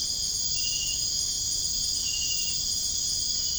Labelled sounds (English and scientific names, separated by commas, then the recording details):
none
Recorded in dense forest near Puerto Asís, Putumayo, Colombia, on 23 June 2025 at 00:00
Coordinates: 0.481, -76.323
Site G072